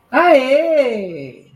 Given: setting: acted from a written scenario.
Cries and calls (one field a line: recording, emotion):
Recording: vocal sound without words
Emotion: positive surprise